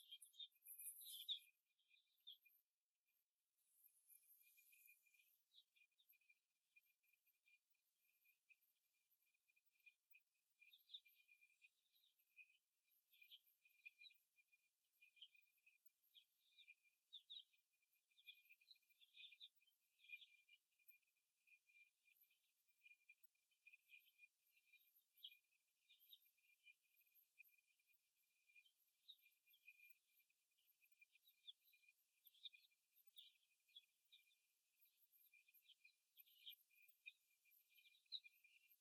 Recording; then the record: young laying hens in a cage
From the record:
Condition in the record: after the stressor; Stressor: simulated dog barking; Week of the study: 1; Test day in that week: 2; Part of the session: 3